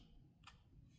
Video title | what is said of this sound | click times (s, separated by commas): Is This Slim Case Ruining Your Fold 7? | So, it snaps in place pretty good. | 0.5 s